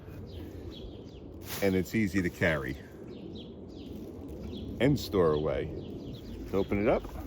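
Someone talks about a Vevor garden kneeler/seat while its steel-tube folding leg is handled toward the frame lock, with faint bird chirps in the background. The clip ends just before the leg swings out, so nothing has seated or clicked into the lock yet.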